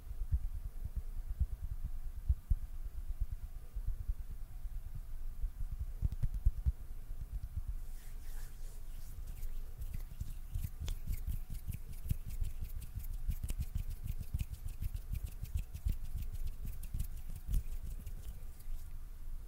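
Mouth sounds and hand sounds, made up of dense, rapid low thumps and soft rubbing that continue without a break. From about eight seconds on, crisp little clicks and snaps are scattered on top and keep coming until the end. A faint steady hum sits underneath.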